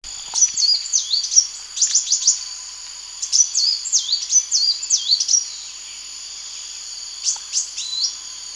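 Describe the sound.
Bird song: bursts of sharp, high swooping whistles and quick chips in groups, then a pause before a few more notes.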